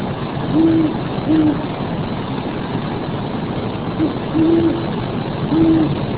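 Owl giving short low hoots, with a steady low engine hum underneath.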